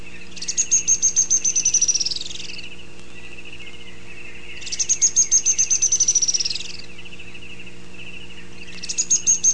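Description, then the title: Grey-headed spinetail giving high, thin trills about two seconds long, each drifting downward, repeated roughly every four seconds against steady low hum. "LuckyPassaro Completos2Sama. Grey-headed Spinetail (Cranioleuca semicinerea)"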